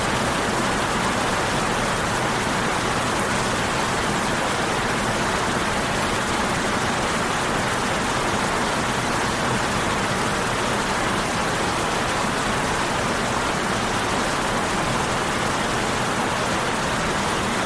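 Rain falls in a dense, even hiss that holds steady for the whole stretch, with no pauses or swells. The sound is full and bright, thick with tiny overlapping drops, and nothing else stands out against it.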